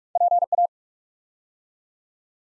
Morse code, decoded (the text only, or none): PA